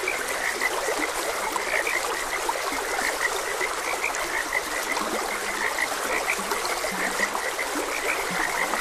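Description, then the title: Frogs croaking in a chorus, short bright notes repeating unevenly over a steady rush of flowing stream water. Frogs croaking beside a gentle stream. "Gentle Stream and Frogs Croaking"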